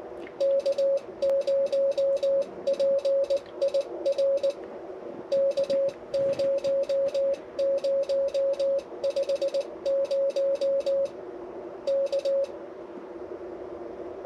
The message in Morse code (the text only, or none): K0PIR K0050 K